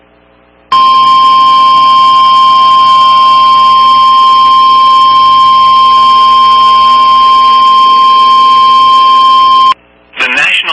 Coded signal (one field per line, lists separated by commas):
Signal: Emergency Alert System (SAME) tones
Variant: 1050 Hz attention tone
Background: speech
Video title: EAS#127 Severe Thunderstorm Warning on WXJ71 (09/19/2022).